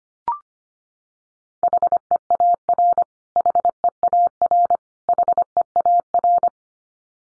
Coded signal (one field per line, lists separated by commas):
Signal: Morse code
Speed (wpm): 25 wpm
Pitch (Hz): 700 Hz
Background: none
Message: HEAR HEAR HEAR